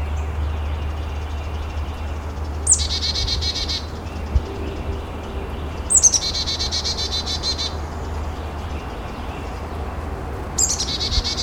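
Chickadee calls: three buzzy, high chick-a-dee series, each a sharp opening note then rapid rasping dee notes, spaced several seconds apart over a steady low hum.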